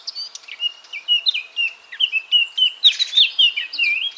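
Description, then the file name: Eurasian blackcap singing a fast, continuous warble of varied chirps and clear whistled notes. "Sylvia atricapilla"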